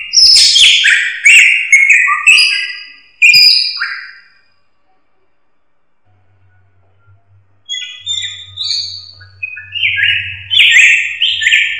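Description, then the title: Drongo calls: a burst of varied whistled and slurred notes, a few seconds of quiet, then a further run of clear whistled notes over a low hum. "Suara Srigunting. Hobiburung"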